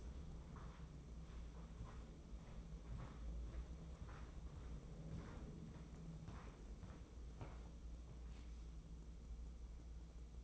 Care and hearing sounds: daily activity, microphone in the room; walk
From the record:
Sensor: 1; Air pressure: 996.0 hPa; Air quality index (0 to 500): 239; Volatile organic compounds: 1000 ppm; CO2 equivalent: 6991 ppm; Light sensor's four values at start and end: 36/88/38/46 and 38/92/39/48

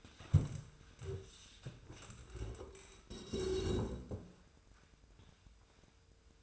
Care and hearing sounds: daily activity, microphone in the room; stand up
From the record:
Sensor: 2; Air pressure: 1005.2 hPa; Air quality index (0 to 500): 101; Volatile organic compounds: 2 ppm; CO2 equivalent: 1222 ppm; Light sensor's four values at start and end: 7/17/7/7 and 8/19/8/8

